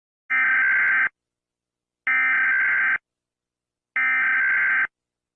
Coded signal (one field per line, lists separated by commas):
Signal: Emergency Alert System (SAME) tones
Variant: header bursts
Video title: Rating EAS Alarms #1: REVISITED